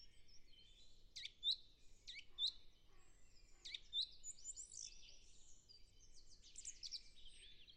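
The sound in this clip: Song thrush song: sharp, high notes in short repeated pairs, then a busier run of high twittering notes.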